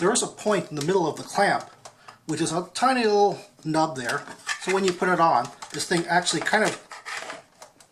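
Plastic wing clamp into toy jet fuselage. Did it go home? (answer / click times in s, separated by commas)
yes / 7.6 s, 7.8 s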